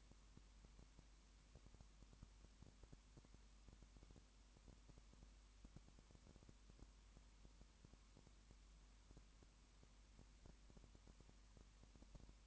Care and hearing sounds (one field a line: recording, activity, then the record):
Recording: daily activity, microphone in the room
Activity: no activity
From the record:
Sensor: 1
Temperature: 19.2 degrees Celsius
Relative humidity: 37.9%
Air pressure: 1001.1 hPa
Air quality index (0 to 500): 198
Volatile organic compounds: 7 ppm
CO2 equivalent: 2004 ppm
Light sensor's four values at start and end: 1/2/1/1 and 1/2/1/1